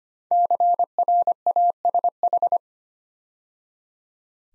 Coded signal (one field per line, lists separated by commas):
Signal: Morse code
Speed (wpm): 25 wpm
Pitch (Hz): 700 Hz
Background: none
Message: CRASH